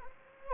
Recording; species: mosquito wingbeat signal from an infrared sensor; Anopheles gambiae